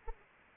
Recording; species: mosquito wingbeat signal from an infrared sensor; Anopheles arabiensis